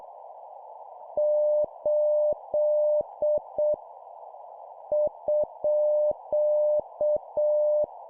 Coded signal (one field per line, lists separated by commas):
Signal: Morse code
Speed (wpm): 7 wpm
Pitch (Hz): 600 Hz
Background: none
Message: 8 _